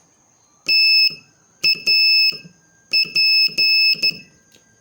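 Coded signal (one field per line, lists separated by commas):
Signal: Morse code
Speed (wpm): 11 wpm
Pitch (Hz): 2600 Hz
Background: none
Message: TAP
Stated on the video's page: Morse code lesson practice adding letters P and X, using three- and four-letter practice words.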